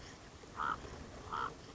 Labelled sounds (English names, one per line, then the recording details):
Common Raven
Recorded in Sonoma County, California